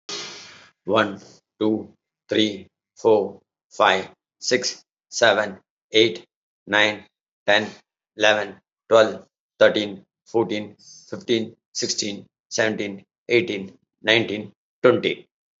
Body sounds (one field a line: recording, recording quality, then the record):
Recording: counting at a normal pace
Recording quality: moderate, slight background noise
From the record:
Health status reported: respiratory illness, not identified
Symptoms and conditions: asthma, hypertension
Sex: male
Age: 81 years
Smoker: not ticked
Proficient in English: yes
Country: India